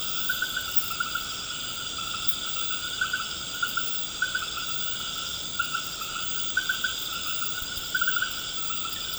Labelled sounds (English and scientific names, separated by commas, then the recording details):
none
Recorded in pastures near Puerto Asís, Putumayo, Colombia, on 19 March 2025 at 20:30
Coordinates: 0.472, -76.329
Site G074